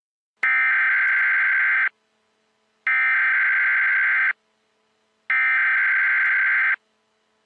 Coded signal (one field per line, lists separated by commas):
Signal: Emergency Alert System (SAME) tones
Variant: header bursts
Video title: EAS series 1 EAS Test